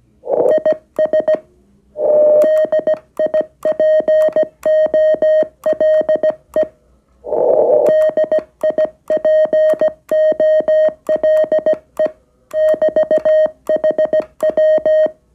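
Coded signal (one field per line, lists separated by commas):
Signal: Morse code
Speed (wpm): 17 wpm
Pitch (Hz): 620 Hz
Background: music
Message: IS DIPOLE DIPOLE <BT>HW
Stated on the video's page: QRP-to-QRP CW contact on the 40m band with the small SW-3B radio.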